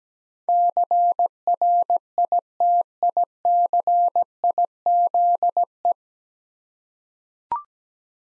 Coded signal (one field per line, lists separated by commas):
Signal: Morse code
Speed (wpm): 17 wpm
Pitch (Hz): 700 Hz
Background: none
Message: CRITICIZE